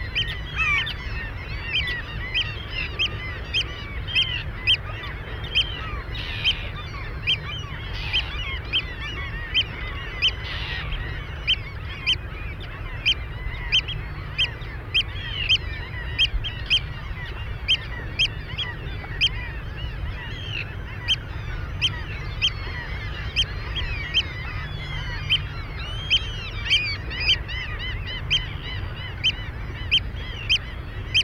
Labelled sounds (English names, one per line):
Eurasian Oystercatcher call